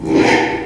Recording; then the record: squeal of a Yucatan mini pig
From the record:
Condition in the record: after surgery on the right vocal fold (resection and tissue-engineered implant); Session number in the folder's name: 4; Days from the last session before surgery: 42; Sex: male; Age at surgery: 12 weeks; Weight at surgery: 13 kg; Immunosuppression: cyclosporine, prednisolone